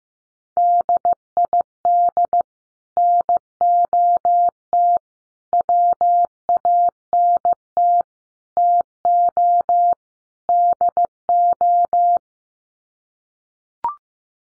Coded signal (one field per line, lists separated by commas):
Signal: Morse code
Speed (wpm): 15 wpm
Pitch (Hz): 700 Hz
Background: none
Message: DID NOT WANT TO DO